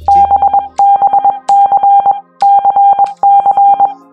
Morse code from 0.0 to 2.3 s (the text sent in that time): BBC